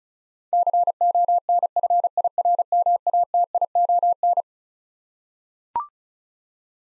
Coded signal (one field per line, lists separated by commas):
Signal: Morse code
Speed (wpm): 36 wpm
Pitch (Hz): 700 Hz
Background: none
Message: CONFIRMATION